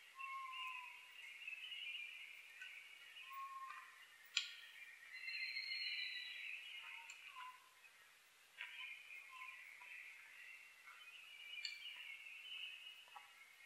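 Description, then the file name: Oriental scops owl repeating short, slightly falling whistled notes at uneven intervals, with a dense high chorus and occasional clicks. Recorded 21 May 2011 at 19:12; Japanese name konohazuku. "DH-D 50-konohazuku-20110521-1912"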